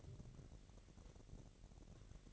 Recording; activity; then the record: daily activity, microphone in the room; take from stove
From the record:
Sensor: 4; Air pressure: 1012.8 hPa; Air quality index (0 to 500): 237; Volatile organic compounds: 4 ppm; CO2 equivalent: 1576 ppm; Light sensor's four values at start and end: 25/61/25/25 and 25/60/24/24